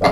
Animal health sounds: pig call; piglet (1 to 25 days)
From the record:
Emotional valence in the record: positive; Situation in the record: reunion after long isolation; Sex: male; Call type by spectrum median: low-frequency call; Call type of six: low-frequency tonal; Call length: 0.12 s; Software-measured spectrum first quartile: 531 Hz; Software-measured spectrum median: 771 Hz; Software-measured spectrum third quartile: 1600 Hz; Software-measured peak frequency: 703 Hz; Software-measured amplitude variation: 110 dB a second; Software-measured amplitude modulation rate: 4.0 a second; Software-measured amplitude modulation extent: 27.2 dB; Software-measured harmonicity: 1.2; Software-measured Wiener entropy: -1.66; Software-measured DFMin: 705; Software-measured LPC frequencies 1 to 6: 648, 1128, 2057, 2743, 4314, 5841 Hz

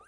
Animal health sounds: pig call; piglet (1 to 25 days)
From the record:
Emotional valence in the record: negative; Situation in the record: long isolation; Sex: male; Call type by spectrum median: low-frequency call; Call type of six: low-frequency tonal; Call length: 0.08 s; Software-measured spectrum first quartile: 988 Hz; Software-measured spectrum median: 1388 Hz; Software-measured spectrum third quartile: 2462 Hz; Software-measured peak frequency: 1216 Hz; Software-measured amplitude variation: 54 dB a second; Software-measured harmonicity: 7.8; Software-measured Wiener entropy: -2.40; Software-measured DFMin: 1093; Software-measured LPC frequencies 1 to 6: 631, 1247, 1595, 2712, 3755, 6251 Hz

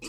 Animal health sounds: pig call; weaner (32 to 43 days)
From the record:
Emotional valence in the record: negative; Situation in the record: short isolation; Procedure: open field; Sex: female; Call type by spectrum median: high-frequency call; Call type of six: high-frequency stable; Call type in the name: high-frequency stable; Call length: 0.09 s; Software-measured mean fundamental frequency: 232 Hz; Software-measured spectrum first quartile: 872 Hz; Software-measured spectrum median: 2625 Hz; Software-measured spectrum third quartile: 5749 Hz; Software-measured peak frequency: 317 Hz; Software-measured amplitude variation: 45 dB a second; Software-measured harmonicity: 2.3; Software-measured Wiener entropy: -2.38

